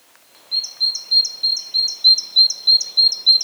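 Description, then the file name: Great tit giving a steady run of bright, high two-note phrases, each pair clipped and evenly spaced at roughly three per second. "Parus major"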